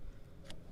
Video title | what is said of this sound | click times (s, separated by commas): How To Install 100 Watt Panels to Kodiak Solar Generator | snap it in, hear it snap. | 0.5 s